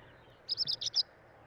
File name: Oenanthe finschii song